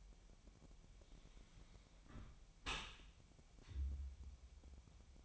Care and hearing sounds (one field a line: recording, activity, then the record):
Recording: daily activity, microphone in the room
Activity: close dishwasher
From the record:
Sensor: 1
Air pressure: 1006.8 hPa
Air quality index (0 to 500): 208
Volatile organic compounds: 24 ppm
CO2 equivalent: 2812 ppm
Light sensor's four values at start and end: 12/31/12/14 and 12/31/12/14